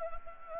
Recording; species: mosquito wingbeat signal from an infrared sensor; Anopheles gambiae